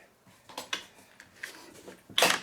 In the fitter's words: and it clicks let me try it again